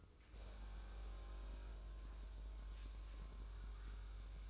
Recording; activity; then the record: daily activity, microphone in the room; make coffee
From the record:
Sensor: 2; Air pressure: 994.8 hPa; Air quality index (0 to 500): 54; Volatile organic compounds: 1 ppm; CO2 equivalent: 880 ppm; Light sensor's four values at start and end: 15/49/19/18 and 14/49/19/18